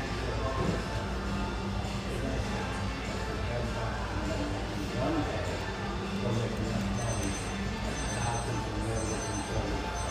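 A steady hum of voices fills the espresso house, many conversations blending into one constant murmur with no single talker standing out. A low drone runs underneath throughout, and faint high clinks and ticks appear now and then in the second half.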